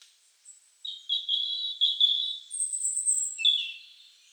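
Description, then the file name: European robin song: a sustained, wavering high warble followed by a thin, very high drawn-out whistle and a final descending trill. "Erithacus rubecula"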